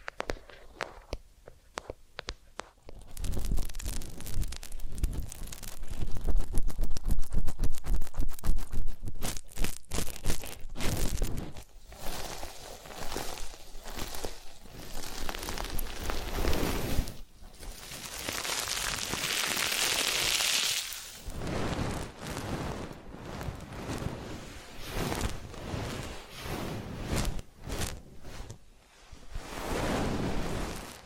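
Massage and ear-cleaning sounds: after a quiet first three seconds, dense, rapid scratching and rubbing strokes start and continue throughout, strongest around 7 to 10 seconds. A bright, hissy swish swells near the 20-second mark before the irregular brushing resumes.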